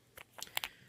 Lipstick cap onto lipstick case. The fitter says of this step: you can hear it click on and it is on secure you have to push it off